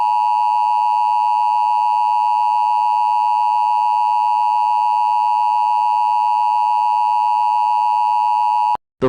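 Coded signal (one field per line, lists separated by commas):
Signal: Emergency Alert System (SAME) tones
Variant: 853 and 960 Hz attention tone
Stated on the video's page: Fictional EAS scenario, not a real alert.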